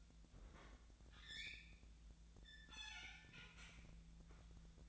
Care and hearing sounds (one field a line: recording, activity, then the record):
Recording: daily activity, microphone in the room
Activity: open fridge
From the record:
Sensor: 3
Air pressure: 1009.6 hPa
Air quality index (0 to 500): 194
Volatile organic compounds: 15 ppm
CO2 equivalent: 2521 ppm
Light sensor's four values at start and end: 36/90/38/41 and 36/89/38/40